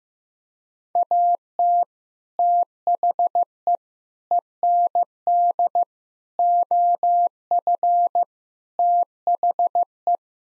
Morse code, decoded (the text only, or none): AT THE END OF THE